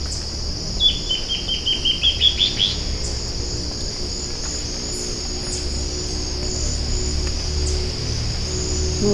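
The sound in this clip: Bird sounds a brisk series of high, short chips lasting about two seconds, then only insect drone and a low humming background remain.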